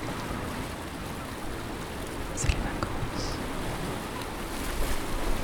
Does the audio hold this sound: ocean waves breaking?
yes